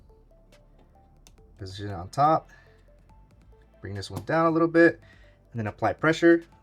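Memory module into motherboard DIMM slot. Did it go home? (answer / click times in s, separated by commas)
no / none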